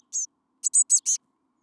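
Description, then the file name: Eurasian blue tit giving a single high chirp followed by a tight run of four sharp, very high notes. "Cyanistes caeruleus"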